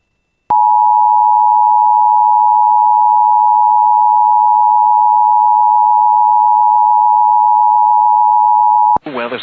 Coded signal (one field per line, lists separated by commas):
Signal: Emergency Alert System (SAME) tones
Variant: 853 and 960 Hz attention tone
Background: speech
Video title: [EAS] Grand Forks County Severe Thunderstorm (Considerable Damage; All Hazards) (6/27/25)